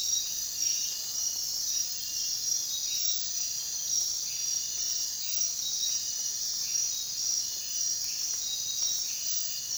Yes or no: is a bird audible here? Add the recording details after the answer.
no. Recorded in dense forest near Puerto Asís, Putumayo, Colombia, on 23 June 2025 at 02:30. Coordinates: 0.466, -76.327. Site GP04